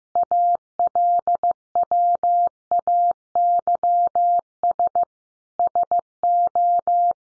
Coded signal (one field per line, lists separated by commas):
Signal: Morse code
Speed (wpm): 15 wpm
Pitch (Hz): 700 Hz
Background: none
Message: ALWAYS SO